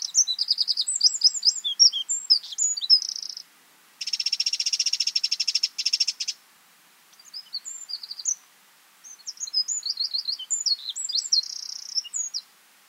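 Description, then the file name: Eurasian wren song: rapid, high, twittering bursts of notes broken by short pauses, with a dense buzzy trill in the middle and more sparkling phrases afterward. "Troglodytes troglodytes"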